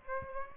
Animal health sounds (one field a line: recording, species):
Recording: mosquito wingbeat signal from an infrared sensor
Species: Aedes aegypti